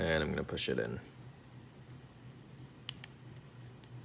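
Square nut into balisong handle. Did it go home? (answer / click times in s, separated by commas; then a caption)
yes / 2.9 s. Someone talks briefly while a metal square nut is pushed with a hex key into its pocket in the handle of a Kershaw Lucha balisong being re-handled. After a quiet stretch, a sharp snap at 2.9 s marks the nut seating in the handle, followed by fainter clicks at about 3.0, 3.4 and 3.8 s.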